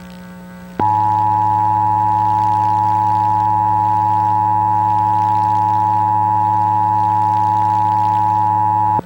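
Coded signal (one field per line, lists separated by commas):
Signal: Emergency Alert System (SAME) tones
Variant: 853 and 960 Hz attention tone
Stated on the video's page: Mock alert made with macros.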